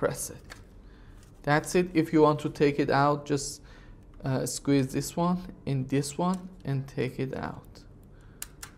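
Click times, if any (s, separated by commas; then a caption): 8.4 s. An analog input module on a Siemens ET200SP PLC base unit is released by squeezing its two release tabs, taken out, and pushed back onto the base unit while someone talks. A sharp click at 8.4 s marks the module seating into the base unit, confirmed as in place.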